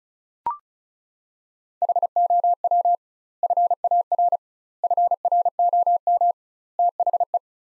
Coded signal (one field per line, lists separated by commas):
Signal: Morse code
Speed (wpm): 36 wpm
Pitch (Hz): 700 Hz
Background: none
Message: HOW FAR FROM THE